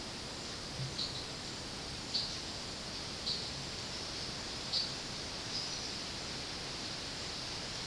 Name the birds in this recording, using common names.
none